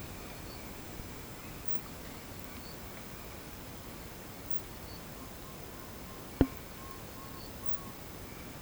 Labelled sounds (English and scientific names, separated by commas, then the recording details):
none
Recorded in pastures near Puerto Asís, Putumayo, Colombia, on 12 March 2025 at 10:30
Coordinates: 0.472, -76.329
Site G074